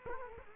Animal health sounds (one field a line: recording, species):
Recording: mosquito wingbeat signal from an infrared sensor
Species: Culex quinquefasciatus